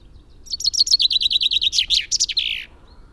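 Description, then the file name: Common chaffinch song: a series of bright repeated notes falling in pitch, breaking into a looser trill and finishing with a short flourish. "Fringilla coelebs"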